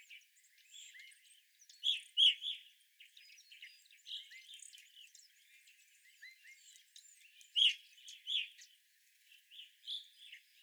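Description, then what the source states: Evening grosbeak calls, a few loud chirps standing out among sparse faint twitters, with long quieter stretches between the strong notes. Several evening grosbeaks, recorded 25 April 2021.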